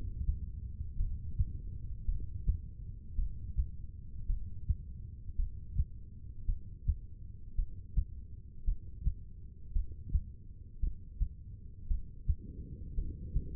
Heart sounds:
heart sounds by stethoscope; 55 bpm
0.96 s: heartbeat
2.05 s: heartbeat
3.15 s: heartbeat
4.26 s: heartbeat
5.36 s: heartbeat
6.46 s: heartbeat
7.55 s: heartbeat
8.64 s: heartbeat
9.72 s: heartbeat
10.80 s: heartbeat
11.87 s: heartbeat
12.94 s: heartbeat
From the record:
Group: heart failure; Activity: breath hold 0-12 s, rest 12-14 s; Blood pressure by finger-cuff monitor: 84/59 mmHg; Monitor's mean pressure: 68 mmHg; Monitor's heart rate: 55 bpm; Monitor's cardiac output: 2.6 L/min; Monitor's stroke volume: 47 mL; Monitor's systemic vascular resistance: 1850 dyn s/cm5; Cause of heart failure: non-ischemic cardiomyopathy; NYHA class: 1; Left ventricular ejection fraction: 52%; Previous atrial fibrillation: present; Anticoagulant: apixaban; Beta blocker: bisoprolol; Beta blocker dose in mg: 10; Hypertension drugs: sacubitril-valsartan, spironolactone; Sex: female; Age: 68 years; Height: 169 cm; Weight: 71 kg

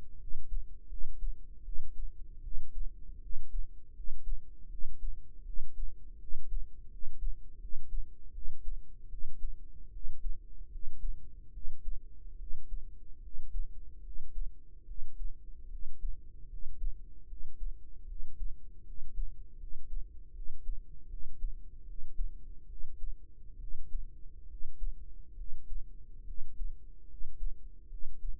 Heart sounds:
heart sounds by microphone in the right ear; 76 bpm
0.17 s: heartbeat
0.87 s: heartbeat
1.62 s: heartbeat
2.40 s: heartbeat
3.19 s: heartbeat
3.92 s: heartbeat
4.67 s: heartbeat
5.42 s: heartbeat
6.17 s: heartbeat
6.87 s: heartbeat
7.57 s: heartbeat
8.31 s: heartbeat
9.07 s: heartbeat
9.89 s: heartbeat
10.68 s: heartbeat
11.50 s: heartbeat
12.36 s: heartbeat
13.19 s: heartbeat
14.00 s: heartbeat
14.83 s: heartbeat
15.67 s: heartbeat
16.46 s: heartbeat
17.25 s: heartbeat
18.04 s: heartbeat
18.82 s: heartbeat
19.56 s: heartbeat
20.31 s: heartbeat
21.06 s: heartbeat
21.83 s: heartbeat
22.66 s: heartbeat
23.57 s: heartbeat
24.46 s: heartbeat
25.34 s: heartbeat
26.23 s: heartbeat
27.05 s: heartbeat
27.87 s: heartbeat
From the record:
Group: healthy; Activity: cold pressor test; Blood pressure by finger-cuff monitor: 109/73 mmHg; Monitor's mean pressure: 81 mmHg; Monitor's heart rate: 78 bpm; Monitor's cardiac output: 5.8 L/min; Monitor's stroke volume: 75 mL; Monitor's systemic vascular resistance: 1010 dyn s/cm5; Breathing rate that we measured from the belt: 21 breaths a minute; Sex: male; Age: 21 years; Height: 170 cm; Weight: 71 kg

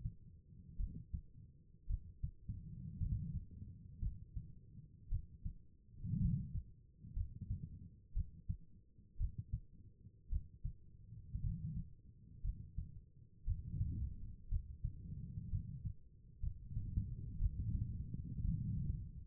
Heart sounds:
heart sounds by stethoscope; 58 bpm
0.77 s: heartbeat
1.87 s: heartbeat
2.98 s: heartbeat
3.99 s: heartbeat
5.09 s: heartbeat
6.18 s: heartbeat
7.13 s: heartbeat
8.13 s: heartbeat
9.17 s: heartbeat
10.29 s: heartbeat
11.41 s: heartbeat
12.41 s: heartbeat
13.44 s: heartbeat
14.49 s: heartbeat
15.49 s: heartbeat
16.40 s: heartbeat
17.39 s: heartbeat
18.41 s: heartbeat
From the record:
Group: healthy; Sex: female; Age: 36 years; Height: 163 cm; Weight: 88 kg

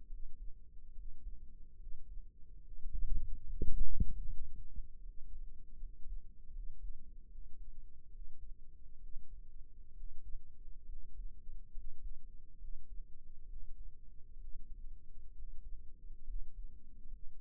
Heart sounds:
heart sounds by microphone in the right ear; 71 bpm
0.08 s: heartbeat
0.93 s: heartbeat
1.77 s: heartbeat
2.62 s: heartbeat
3.46 s: heartbeat
4.26 s: heartbeat
5.02 s: heartbeat
5.78 s: heartbeat
6.52 s: heartbeat
7.29 s: heartbeat
8.11 s: heartbeat
9.00 s: heartbeat
9.94 s: heartbeat
10.86 s: heartbeat
11.72 s: heartbeat
12.58 s: heartbeat
13.47 s: heartbeat
14.38 s: heartbeat
15.33 s: heartbeat
16.25 s: heartbeat
17.09 s: heartbeat
From the record:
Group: healthy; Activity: rest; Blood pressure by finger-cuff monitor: 94/58 mmHg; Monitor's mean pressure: 72 mmHg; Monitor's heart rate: 69 bpm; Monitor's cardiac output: 6 L/min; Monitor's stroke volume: 83 mL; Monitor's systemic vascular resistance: 750 dyn s/cm5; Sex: male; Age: 22 years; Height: 181 cm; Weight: 79 kg

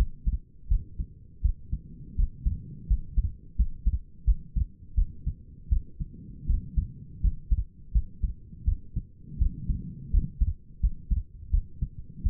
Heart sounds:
heart sounds by stethoscope; 83 bpm
0.69 s: heartbeat
1.42 s: heartbeat
2.16 s: heartbeat
2.88 s: heartbeat
3.57 s: heartbeat
4.25 s: heartbeat
4.95 s: heartbeat
5.69 s: heartbeat
6.47 s: heartbeat
7.21 s: heartbeat
7.93 s: heartbeat
8.65 s: heartbeat
9.39 s: heartbeat
10.11 s: heartbeat
10.81 s: heartbeat
11.51 s: heartbeat
12.23 s: heartbeat
From the record:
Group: healthy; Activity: rest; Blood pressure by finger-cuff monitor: 127/80 mmHg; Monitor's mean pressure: 96 mmHg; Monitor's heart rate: 83 bpm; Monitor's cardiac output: 6.4 L/min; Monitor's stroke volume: 79 mL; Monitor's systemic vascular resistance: 1070 dyn s/cm5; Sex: female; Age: 37 years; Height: 168 cm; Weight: 70 kg

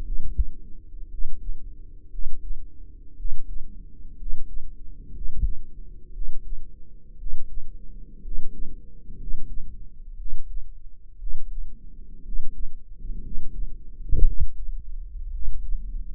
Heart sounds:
heart sounds by microphone in the right ear; 59 bpm
0.00 s: heartbeat
1.06 s: heartbeat
2.07 s: heartbeat
3.13 s: heartbeat
4.14 s: heartbeat
5.10 s: heartbeat
6.10 s: heartbeat
7.15 s: heartbeat
8.20 s: heartbeat
9.15 s: heartbeat
10.14 s: heartbeat
11.15 s: heartbeat
12.21 s: heartbeat
13.19 s: heartbeat
14.22 s: heartbeat
15.29 s: heartbeat
From the record:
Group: healthy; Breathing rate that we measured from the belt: 15 breaths a minute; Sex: male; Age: 23 years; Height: 178 cm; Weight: 96.6 kg

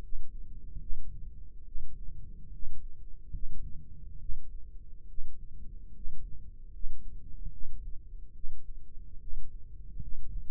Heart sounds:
heart sounds by microphone in the right ear; 72 bpm
0.79 s: heartbeat
1.64 s: heartbeat
2.50 s: heartbeat
3.30 s: heartbeat
4.18 s: heartbeat
5.06 s: heartbeat
5.92 s: heartbeat
6.70 s: heartbeat
7.49 s: heartbeat
8.32 s: heartbeat
9.18 s: heartbeat
9.99 s: heartbeat
From the record:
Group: healthy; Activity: rest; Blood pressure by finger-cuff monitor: 79/53 mmHg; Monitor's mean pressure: 62 mmHg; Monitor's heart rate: 73 bpm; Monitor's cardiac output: 5.7 L/min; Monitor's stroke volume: 78 mL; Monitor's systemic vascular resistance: 760 dyn s/cm5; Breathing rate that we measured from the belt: 18 breaths a minute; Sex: female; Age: 22 years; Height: 163 cm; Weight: 67.1 kg

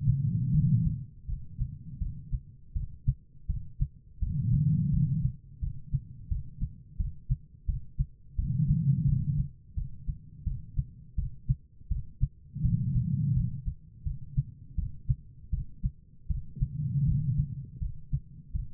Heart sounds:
heart sounds by stethoscope; 83 bpm
0.52 s: heartbeat
1.26 s: heartbeat
1.99 s: heartbeat
2.74 s: heartbeat
3.47 s: heartbeat
4.20 s: heartbeat
4.91 s: heartbeat
5.60 s: heartbeat
6.29 s: heartbeat
6.97 s: heartbeat
7.66 s: heartbeat
8.36 s: heartbeat
9.06 s: heartbeat
9.75 s: heartbeat
10.44 s: heartbeat
11.16 s: heartbeat
11.89 s: heartbeat
12.62 s: heartbeat
13.34 s: heartbeat
14.04 s: heartbeat
14.76 s: heartbeat
15.51 s: heartbeat
16.28 s: heartbeat
17.05 s: heartbeat
17.79 s: heartbeat
18.53 s: heartbeat
From the record:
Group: healthy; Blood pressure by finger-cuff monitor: 115/75 mmHg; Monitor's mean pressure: 92 mmHg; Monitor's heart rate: 82 bpm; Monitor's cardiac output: 5.2 L/min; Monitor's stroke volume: 63 mL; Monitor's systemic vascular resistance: 1310 dyn s/cm5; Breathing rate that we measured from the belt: 14 breaths a minute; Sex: female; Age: 51 years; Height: 162 cm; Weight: 70.04 kg

